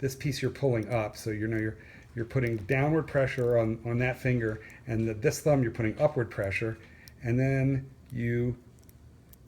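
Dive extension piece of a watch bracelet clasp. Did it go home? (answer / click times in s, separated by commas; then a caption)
yes / 9.3 s. Someone talks while pressing down with a finger and pushing up with the thumb on the metal dive-clasp extension of a Seiko PADI SRPA21 Turtle watch bracelet. A few faint ticks follow, then a sharp click at 9.3 s as the dive extension locks into place.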